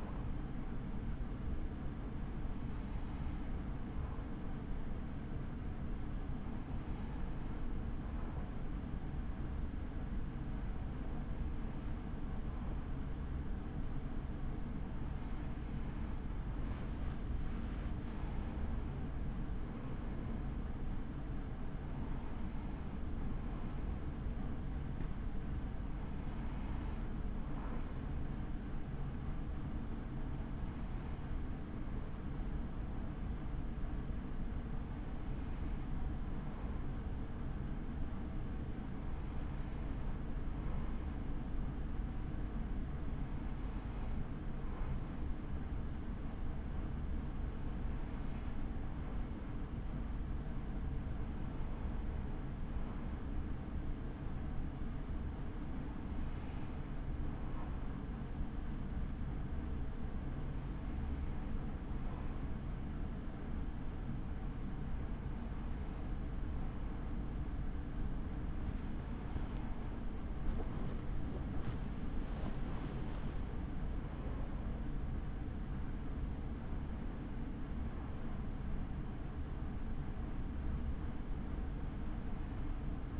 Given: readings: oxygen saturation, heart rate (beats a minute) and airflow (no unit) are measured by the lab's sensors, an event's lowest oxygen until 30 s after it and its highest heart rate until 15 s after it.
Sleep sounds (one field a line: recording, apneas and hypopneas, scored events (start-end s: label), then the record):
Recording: breathing in sleep by a smartphone at the bedside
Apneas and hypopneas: none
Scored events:
none scored
From the record:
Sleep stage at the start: N2 (light sleep)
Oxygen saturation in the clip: 96 to 97%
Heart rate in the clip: 34 to 69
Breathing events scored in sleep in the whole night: 83 in 6.1 hours asleep